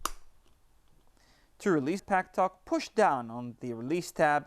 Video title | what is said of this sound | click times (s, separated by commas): PACKTALK Bold: Helmet Installation | then press firmly on the backside until you hear that click | 0.1 s